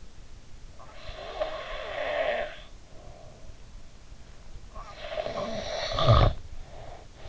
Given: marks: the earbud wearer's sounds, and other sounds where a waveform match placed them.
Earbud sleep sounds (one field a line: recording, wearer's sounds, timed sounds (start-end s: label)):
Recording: sounds in sleep by an in-ear microphone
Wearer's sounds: snoring breath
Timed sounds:
0.70-3.74 s: snoring breath
4.68-7.29 s: snoring breath